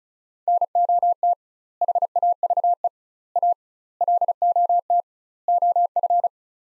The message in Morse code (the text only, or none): NOT HAVE A LOT OF